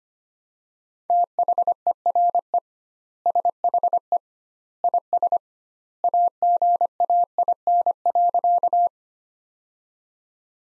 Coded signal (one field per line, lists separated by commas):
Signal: Morse code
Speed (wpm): 25 wpm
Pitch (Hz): 700 Hz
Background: none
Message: THERE SHE IS AGAIN.